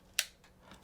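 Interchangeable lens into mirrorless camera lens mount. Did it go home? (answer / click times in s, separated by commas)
yes / 0.2 s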